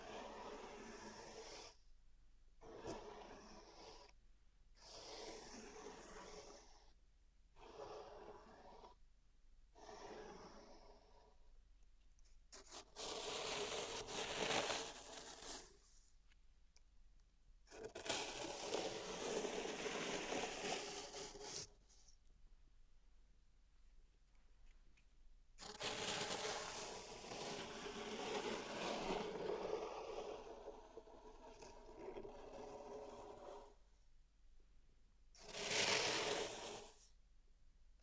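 Pink salt zen garden triggers: quick gritty scrapes and rubs in short bursts, several per few seconds early on, then longer, fuller raking passes around 13–15, 18–21 and 26–30 seconds. A final sharp swipe comes near 36 seconds, with quiet pauses between strokes.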